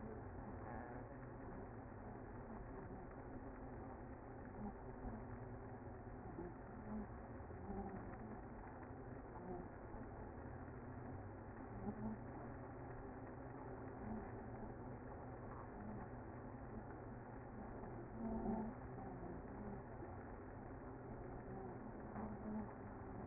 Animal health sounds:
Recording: honeybee colony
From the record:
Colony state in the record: active

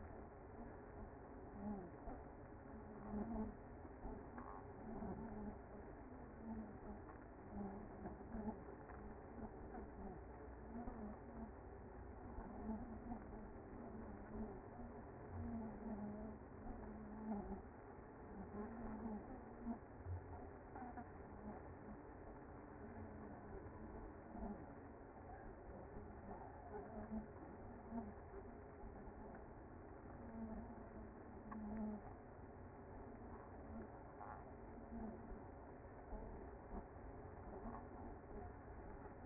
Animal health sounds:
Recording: honeybee colony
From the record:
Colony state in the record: active

